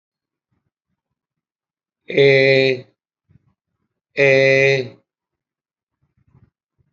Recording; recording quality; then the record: sustained vowel as in made; excellent, no background noise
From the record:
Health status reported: healthy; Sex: male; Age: 63 years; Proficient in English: yes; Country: India